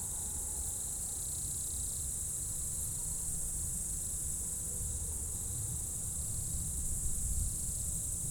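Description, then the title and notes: Insects keep up an unbroken high-pitched trill with softer pulsing buzzes underneath, while a deep low rumble fills the low end. Insects in roadside bank and trees at dusk, first hairpin bend of Col du Chat road, Bourdeau, France; plane and a few vehicles; Tascam DAP1 DAT, from 2006 CD-R. "Dans la première épingle de la route du col du Chat à Bourdeau, insectes dans le talus et les arbres au crépuscule, avion, quelques véhicules. Enregistreur Tascam DAP1 DAT, extrait d'un CDR gravé en 2006."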